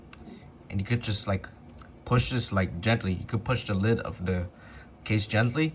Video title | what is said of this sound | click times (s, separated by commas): The BEST Budget Earbuds - SoundCore P25i True Wireless Earbuds | and it's magnetic once you put put it in it snaps right in | 0.1 s